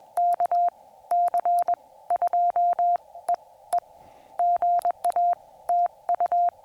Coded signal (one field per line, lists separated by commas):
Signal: Morse code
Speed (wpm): 21 wpm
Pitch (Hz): 700 Hz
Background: none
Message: KC2EE GA TU